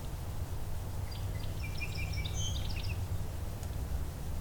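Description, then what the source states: Song sparrow singing one brief jumbled phrase of varied notes over a steady low rumble. Beverly Swamp, early April 2021, spring morning.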